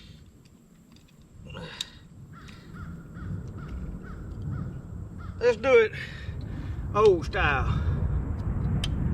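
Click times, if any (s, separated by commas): 8.8 s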